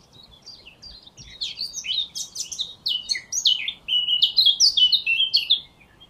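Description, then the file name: Eurasian blackcap song, a hurried scratchy warble building into louder, clearer whistled phrases, over faint background noise. "Sylvia atricapilla"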